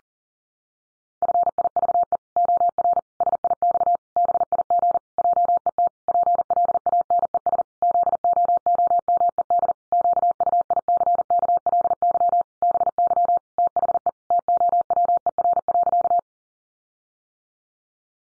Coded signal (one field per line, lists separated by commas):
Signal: Morse code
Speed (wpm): 40 wpm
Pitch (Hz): 700 Hz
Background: none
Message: FIVE OR SIX BIG JET PLANES ZOOMED QUICKLY BY THE TOWER.